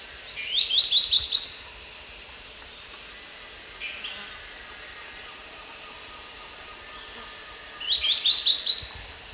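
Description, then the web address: Wedge-billed woodcreeper song: a short, quickly rising series of thin, high chirping notes, given twice about seven seconds apart, over a steady high insect drone. Song, eastern lowlands of South America. "Natures Songs S America Eastern Lowlands. Glyphorynchus spirurus, song"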